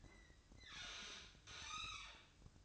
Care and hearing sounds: daily activity, microphone in the room; open fridge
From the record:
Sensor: 2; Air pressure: 1007.6 hPa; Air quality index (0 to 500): 57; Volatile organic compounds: 1 ppm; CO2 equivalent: 586 ppm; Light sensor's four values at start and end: 9/22/9/10 and 9/22/9/10

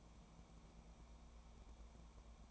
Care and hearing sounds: daily activity, microphone in the room; take from stove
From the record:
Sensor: 1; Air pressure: 1000.0 hPa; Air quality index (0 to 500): 133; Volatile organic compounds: 2 ppm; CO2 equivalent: 1259 ppm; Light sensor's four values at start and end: 38/97/41/50 and 38/97/41/50

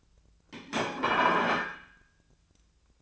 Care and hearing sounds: daily activity, microphone in the room; place plate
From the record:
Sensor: 2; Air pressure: 1009.2 hPa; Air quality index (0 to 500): 187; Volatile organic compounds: 11 ppm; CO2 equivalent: 2323 ppm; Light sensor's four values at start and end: 22/53/23/25 and 22/53/23/25

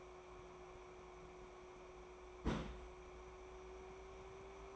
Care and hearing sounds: daily activity, microphone in the room; place on stove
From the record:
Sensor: 1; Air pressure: 1010.3 hPa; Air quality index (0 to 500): 170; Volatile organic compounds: 12 ppm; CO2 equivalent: 2350 ppm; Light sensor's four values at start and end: 55/142/59/75 and 55/141/58/74

